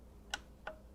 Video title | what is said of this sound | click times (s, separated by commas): 3 Hole Oil Change - Heritage Softail | till it clicks right there. | 0.3 s